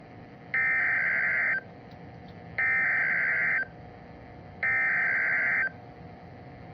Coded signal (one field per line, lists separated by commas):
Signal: Emergency Alert System (SAME) tones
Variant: header bursts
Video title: EAS #23 - TORNADO WARNING for Frisco, TX! (May 18, 2025)